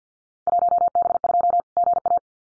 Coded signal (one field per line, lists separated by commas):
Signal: Morse code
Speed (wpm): 50 wpm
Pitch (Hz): 700 Hz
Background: none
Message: 1B2 GA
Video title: Field Day Exchange 50wpm